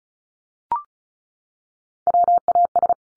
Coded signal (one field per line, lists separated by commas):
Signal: Morse code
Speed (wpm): 34 wpm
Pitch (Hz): 700 Hz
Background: none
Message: WAS